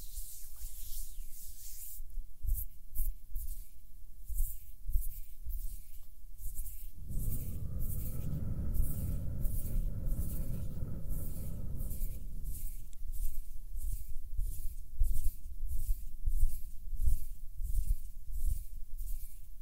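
Hands rub and brush softly in a steady train of short swishes, roughly two or three per second, bright and airy. From about seven to twelve seconds a low, rumbling hum with a faint tone joins in, then fades, leaving the soft hand movements alone again.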